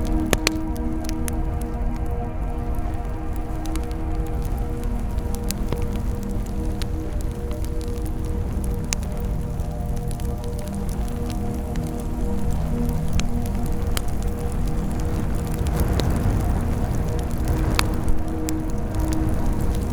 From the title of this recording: Burning Bonfire Ambience